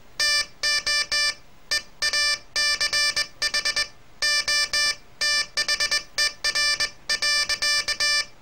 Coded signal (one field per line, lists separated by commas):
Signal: Morse code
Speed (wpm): 19 wpm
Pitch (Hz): 1750 Hz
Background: none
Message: TO EACH OTHER.